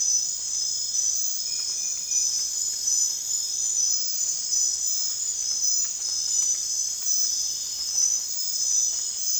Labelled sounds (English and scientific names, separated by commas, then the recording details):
none
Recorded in dense forest near Puerto Asís, Putumayo, Colombia, on 27 June 2025 at 23:30
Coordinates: 0.468, -76.322
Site GP03